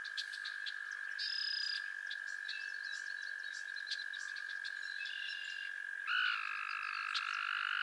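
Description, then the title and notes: Frog chorus with a continuous high trill throughout. Scattered chirps and buzzy bursts overlay it, and a new trill enters near the end. A chorus of frogs calling to one another on a summer evening at Miners Marsh, Annapolis Valley, Nova Scotia. "Theraphonia - Frogsong at Miners Marsh. A chorus of frogs croon to one another on an idyllic summer evening in Miners Marsh, Annapolis Valley, Nova Scotia"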